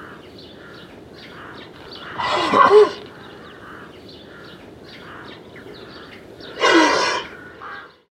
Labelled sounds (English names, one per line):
Moose